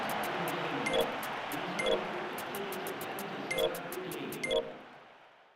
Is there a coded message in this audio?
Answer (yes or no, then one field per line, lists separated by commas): no